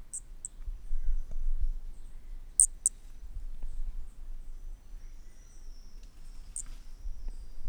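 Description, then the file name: Brachycephalus toadlet calling with brief, very high-pitched clicks, mostly in pairs, spaced a few seconds apart, against a quiet, low background hum. Brachycephalus sp., individual 6, example 1, four notes lost, recorded 10–50 cm away at Corcovado on 18 December 2017. "MHNCI Brachy sp ind 6 ex 1 4 notas perdidas 10-50 cm Corcovado 18 dez 2017 MRB"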